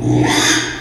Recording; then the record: squeal of a Yucatan mini pig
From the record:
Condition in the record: after surgery on the right vocal fold (resection and tissue-engineered implant); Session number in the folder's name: 3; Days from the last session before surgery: 33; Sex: male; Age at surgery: 12 weeks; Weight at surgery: 13 kg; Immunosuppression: cyclosporine, prednisolone